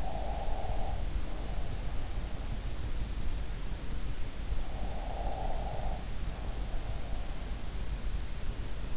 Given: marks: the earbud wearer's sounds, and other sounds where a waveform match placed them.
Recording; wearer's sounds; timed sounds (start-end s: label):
sounds in sleep by an in-ear microphone; breath
0.00-0.90 s: breath
4.82-7.11 s: breath